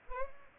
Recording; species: mosquito wingbeat signal from an infrared sensor; Aedes aegypti